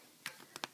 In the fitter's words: nice clicking not clicking but um snap off cap